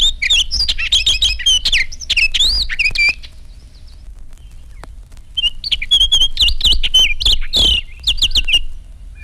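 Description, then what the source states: Orchard Oriole singing fast, jumbled whistled phrases with sharp slurs and chattery notes, pausing briefly before a second varied burst. Clear, joyous songs heard in open country with scattered trees.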